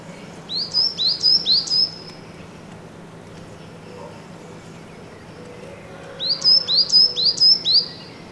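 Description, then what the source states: Great tit song: two phrases of about five rapid repeated two-note 'teacher' notes, high and bright, separated by a pause of several seconds. Seen on a balcony; described as elusive and small; song called elegant and simple.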